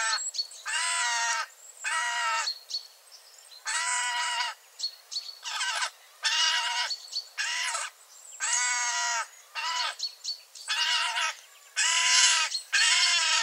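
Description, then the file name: Eurasian jay uttering a long series of rasping, scratchy screeches, about a dozen in quick irregular succession, with faint short notes between some calls. "Garrulus glandarius"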